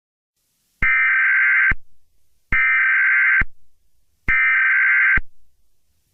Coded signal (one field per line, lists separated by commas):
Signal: Emergency Alert System (SAME) tones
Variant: header bursts